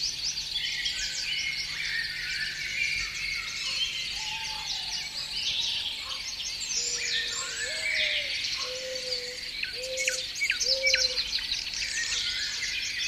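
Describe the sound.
Birds in a dense morning chorus of high chirps and trills, with a lower voice giving a series of short whistled notes, several repeated near the end.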